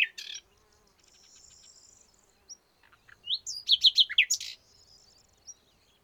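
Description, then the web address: Common nightingale song: a short loud note, a thin sustained high whistle, then a loud burst of rapid repeated notes, with soft notes after. "SETE Luscinia megarhynchos"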